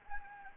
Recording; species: mosquito wingbeat signal from an infrared sensor; Anopheles arabiensis